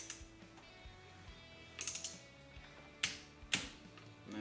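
A click-type torque wrench tightens the last clutch spring bolt in the clutch basket of a Suzuki Intruder VS1400, with the bolts done in star order. A quick series of ratcheting clicks comes at about 1.8–2.1 s, then the wrench gives a sharp click at its set torque at 3.0 s, followed by another clack at 3.5 s. The bolt is confirmed tightened to torque.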